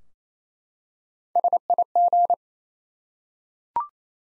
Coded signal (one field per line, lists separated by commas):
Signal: Morse code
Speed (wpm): 28 wpm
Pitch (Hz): 700 Hz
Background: none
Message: SIG